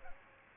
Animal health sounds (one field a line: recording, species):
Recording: mosquito wingbeat signal from an infrared sensor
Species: Aedes aegypti